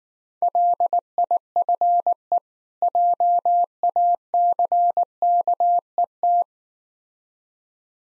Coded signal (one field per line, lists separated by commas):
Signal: Morse code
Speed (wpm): 19 wpm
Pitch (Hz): 700 Hz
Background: none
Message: LIFE JACKET